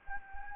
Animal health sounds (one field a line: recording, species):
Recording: mosquito wingbeat signal from an infrared sensor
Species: Anopheles gambiae